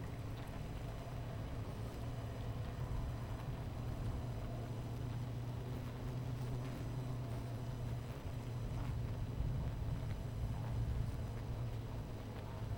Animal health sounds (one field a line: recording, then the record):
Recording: honeybee colony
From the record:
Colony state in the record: missing queen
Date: 14 July 2017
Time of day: 11:15